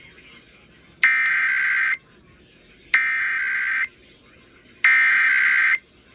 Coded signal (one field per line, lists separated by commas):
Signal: Emergency Alert System (SAME) tones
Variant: header bursts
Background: speech